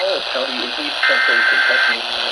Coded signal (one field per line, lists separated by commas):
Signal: Emergency Alert System (SAME) tones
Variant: header bursts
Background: speech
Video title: SVR (EAS 166-175)